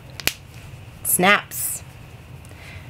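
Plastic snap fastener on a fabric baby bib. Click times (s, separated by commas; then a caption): 0.3 s. A plastic snap fastener on a finished flannel baby bib is pressed closed and snaps into place with a sharp click at 0.3 s, just after a fainter tick. Someone talks briefly afterward, and the snap stays seated.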